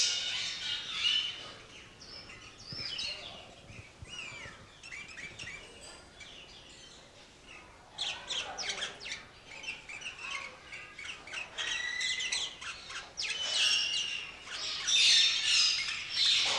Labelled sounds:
Black-headed Bulbul
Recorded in captivity
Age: adult
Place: Zoo Berlin, Berlin, DE
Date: 1986-04-16 11:01
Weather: sunny, 12°C
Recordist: Tembrock, Günter
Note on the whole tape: Rufreihen, mit Schwanzfächern und Flügelschwirren

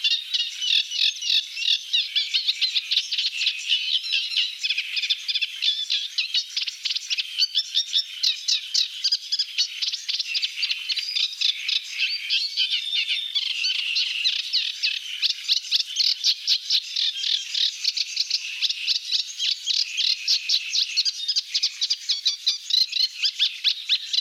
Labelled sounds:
Eurasian Reed Warbler song
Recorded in the wild
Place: Hortobagy Nationalpark / Fischteiche, HU
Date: 1990-05-21
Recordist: Schwarz, Dieter

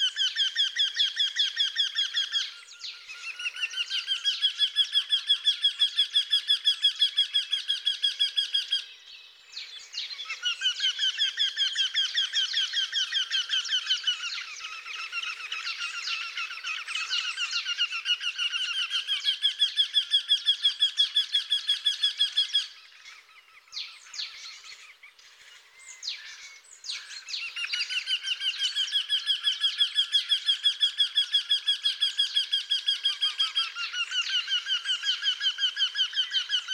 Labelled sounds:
Eurasian Wryneck song
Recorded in the wild
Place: Oberrotweil am Kaiserstuhl, Baden-Württemberg, DE
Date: 1996-04-21
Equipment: Dat-Recorder Casio DA 7, Telinga DAT, Telinga-Parabolspiegel
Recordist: Schwarz, Dieter
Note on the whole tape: Song

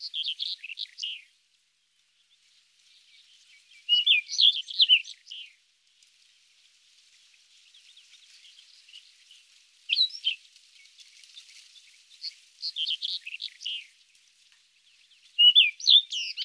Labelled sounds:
Rufous-tailed Scrub Robin song
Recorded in the wild
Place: National Independence Park, Aschgabat, TM
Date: 2001-05-15
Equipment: MiniDisc Sharp MT 20 H
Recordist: Schwarz, Dieter

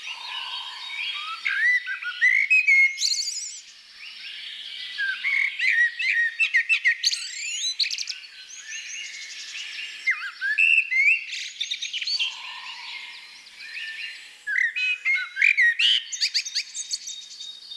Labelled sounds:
Common Blackbird song
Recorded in the wild
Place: Oberrotweil am Kaiserstuhl, Baden-Württemberg, DE
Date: 1984-04-28
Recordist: Schwarz, Dieter
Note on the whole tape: Song

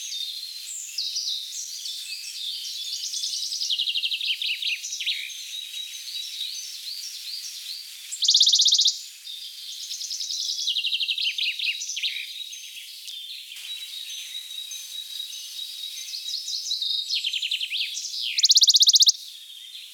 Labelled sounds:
Western Bonelli's Warbler song
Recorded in the wild
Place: Wutachmühle / Südschwarzwald, Baden-Württemberg, DE
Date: 1984-05-30
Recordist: Schwarz, Dieter

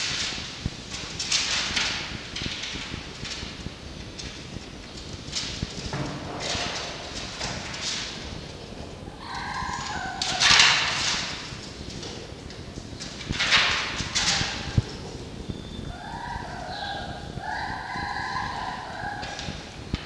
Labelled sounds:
Red Fox
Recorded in captivity
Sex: group
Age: diverse
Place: Zoologisches Institut der HUB, Berlin, DE
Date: 1952-06-28 10:55
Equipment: Elmetra
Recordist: Tembrock, Günter

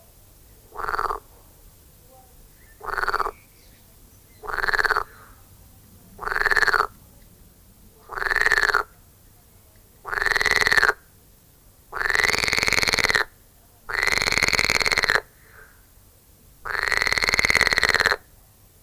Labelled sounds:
Edible Frog
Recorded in the wild
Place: Lübars, Benekendorffstraße, Berlin, DE
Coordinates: 52.6167, 13.3469
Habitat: Gartenteich
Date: 2000-06-10 21:46
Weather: heiter, 25°C
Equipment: Marantz CP 430, Sennheiser ME 80, Kopie Uher 4000 Report Monitor
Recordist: Tembrock, Günter

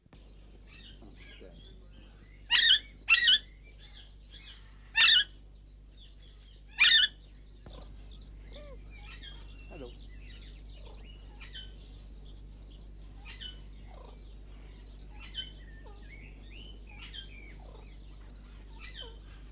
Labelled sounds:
Alexandrine Parakeet call
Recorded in captivity
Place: Loro Parque Tenerife, Provinz Santa Cruz de Tenerife, ES
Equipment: Halbspur, 9,5 cm/s
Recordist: Lütgens, Hans

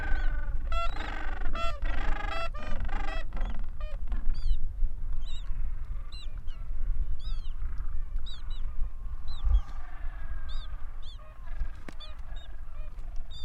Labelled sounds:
Gentoo Penguin call
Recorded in the wild
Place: Port Lockroy (Jougla Point), Antarctica, AQ
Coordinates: -64.49, -63.29
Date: 2018-12-26
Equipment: Olympus LS-100, Sennheiser ME66
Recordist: Beaulieu, Michaël

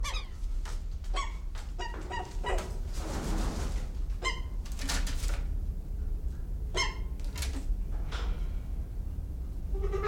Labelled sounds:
Malabar Pied Hornbill
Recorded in captivity
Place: Zoo Berlin, Berlin, DE
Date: 1995-01-14 11:11
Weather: heiter bis wolkig, -1°C
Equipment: Marantz CP 430, Sennheiser ME 80, Kopie Uher Variocord 263
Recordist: Tembrock, Günter

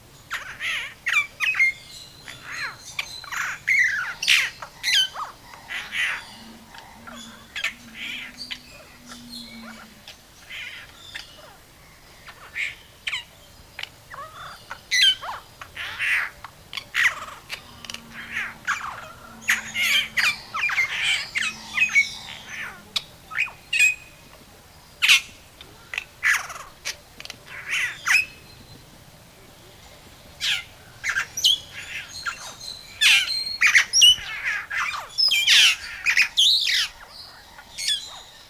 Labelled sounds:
Splendid Starling song
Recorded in captivity
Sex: male
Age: adult
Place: Zoo Köln, Nordrhein-Westfalen, DE
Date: 2000-10-01 18:00
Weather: overcast, intermittent rain, 15°C
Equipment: Nagra SN, Kopie Uher 4000 Report Monitor
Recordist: Tembrock, Günter

